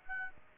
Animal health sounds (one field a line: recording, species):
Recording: mosquito wingbeat signal from an infrared sensor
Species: Aedes aegypti